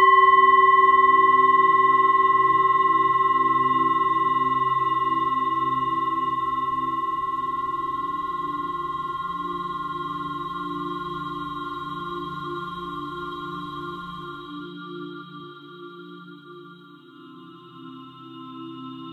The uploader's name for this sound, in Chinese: 颂钵